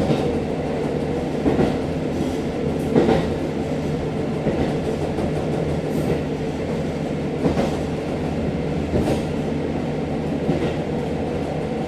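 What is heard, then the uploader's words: A diesel railcar rolls steadily along the line, heard from inside with a constant low engine drone and rumble filling the cabin. Brief rattles and clacks of the wheels over rail joints break through every second or two, loudest around three, seven and nine seconds. Sekisho Line 2641D (Kiha 40-1767) New Yubari to Yubari. This is the sound of riding the entire section (16.1km) of the Sekisho Line, commonly known as the "Yubari Branch Line,". ZOOM H2.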